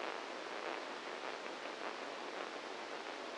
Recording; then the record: brain microelectrode recording played as sound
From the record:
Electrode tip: inside the subthalamic nucleus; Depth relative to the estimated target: 0 mm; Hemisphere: right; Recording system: NeuroSet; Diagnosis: Parkinson's disease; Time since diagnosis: 7 years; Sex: male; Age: 44 years